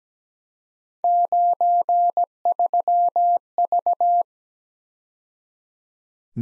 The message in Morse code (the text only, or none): 93V